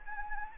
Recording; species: mosquito wingbeat signal from an infrared sensor; Anopheles gambiae